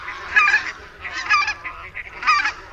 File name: GĘGAWA